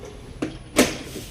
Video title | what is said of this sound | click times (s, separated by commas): Plotter Printer# How does a plotter printer work#Printing process#प्लॉटर क्या है?प्लॉटर्स का उपयोग | लॉक हो गया, बंद हो गया। | 0.4 s